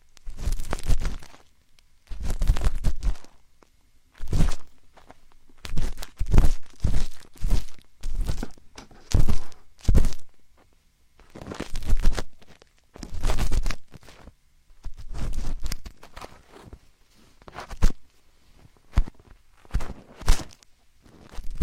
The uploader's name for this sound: Binaural ear picking, ear massage, spa ear picking